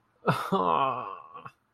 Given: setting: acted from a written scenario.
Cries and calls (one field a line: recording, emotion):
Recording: vocal sound without words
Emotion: guilt